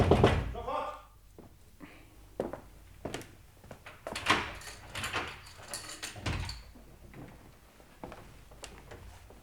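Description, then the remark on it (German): A lock clicks and rattles, then an office door is pulled open with a series of sharp knocks, thunks and scraping sounds, moderately loud, spread across several seconds. “Machen Sie sofort auf, Bartleby! Ich bin noch beschäftigt, Sir. Was soll das heißen, Sie sind noch beschäftigt? Öffnen Sie die Tür!”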